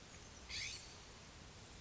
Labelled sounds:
California Scrub-Jay (Aphelocoma californica)
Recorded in Sonoma County, California

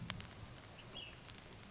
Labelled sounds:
Ash-throated Flycatcher (Myiarchus cinerascens)
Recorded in Sonoma County, California

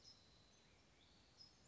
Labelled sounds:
California Towhee (Melozone crissalis)
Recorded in Sonoma County, California

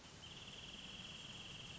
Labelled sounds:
Wrentit (Chamaea fasciata)
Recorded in Sonoma County, California

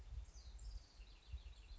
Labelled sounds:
House Wren (Troglodytes aedon)
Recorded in Sonoma County, California

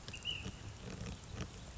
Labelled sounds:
Ash-throated Flycatcher (Myiarchus cinerascens)
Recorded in Sonoma County, California

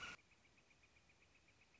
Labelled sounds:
Northern Flicker (Colaptes auratus)
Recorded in Sonoma County, California

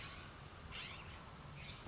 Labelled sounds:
California Scrub-Jay (Aphelocoma californica)
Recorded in Sonoma County, California

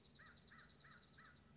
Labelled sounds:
Dark-eyed Junco (Junco hyemalis)
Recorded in Sonoma County, California

